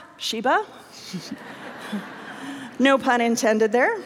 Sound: laughter

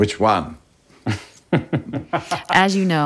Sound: laughter

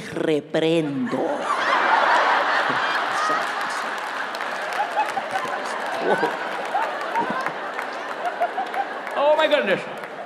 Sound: laughter

